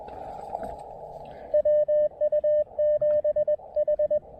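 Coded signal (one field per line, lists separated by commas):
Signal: Morse code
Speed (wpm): 20 wpm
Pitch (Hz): 590 Hz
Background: radio noise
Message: WU7H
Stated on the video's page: SOTA activation on 20, 17, 15 and 10 meters using an improvised wire antenna on an observation deck rail.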